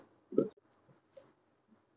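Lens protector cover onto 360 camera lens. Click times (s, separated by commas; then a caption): 0.4 s. A plastic protective lens cover is twisted or pressed onto the lens of an Insta360 X4 360 camera until it locks in place. A low handling rustle leads into a sharp, short click at 0.4 s, followed by a faint tap around 1.2 s. The cover is seated and locked on the lens.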